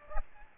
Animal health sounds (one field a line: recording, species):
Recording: mosquito wingbeat signal from an infrared sensor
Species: Aedes aegypti